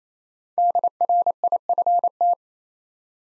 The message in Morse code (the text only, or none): DRIFT